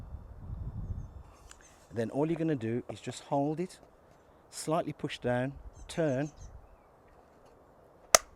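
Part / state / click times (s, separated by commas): lance nozzle into gun fitting / seated / 8.2 s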